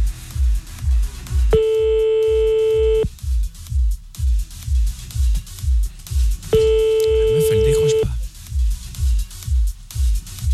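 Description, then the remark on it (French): A telephone rings twice and goes unanswered: two steady, buzzy tones of about a second and a half each, separated by a long pause, over a constant rhythmic thumping background. “Ça dérange pas son emploi fictif de voir le téléphone sonner et pas décrocher?”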